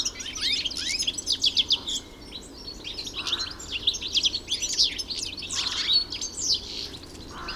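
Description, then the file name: European goldfinch song: dense, high twittering with quick liquid chirps, plus a few softer lower notes in the background. Recorded in the Hofgarten park, Landshut, Germany, on 3 February 2015. "Stieglitz 03 02 2015 Landshut Hofgarten Susanne Rieck"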